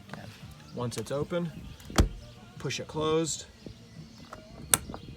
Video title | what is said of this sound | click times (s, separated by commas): Dynamax Isata 4 Series Exterior Walk Through | handle and it will snap in place you can see all they are is as you push them in | 4.7 s